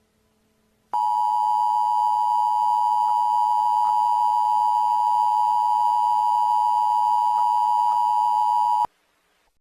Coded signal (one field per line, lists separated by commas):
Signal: Emergency Alert System (SAME) tones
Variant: 853 and 960 Hz attention tone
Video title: Emergency Alert System- Extraterrestrial Activity